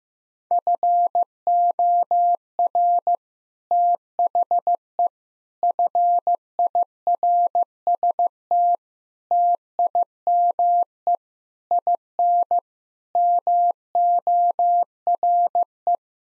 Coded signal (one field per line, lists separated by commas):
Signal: Morse code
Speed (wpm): 15 wpm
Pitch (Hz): 700 Hz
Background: none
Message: FOR THE FIRST TIME IN MORE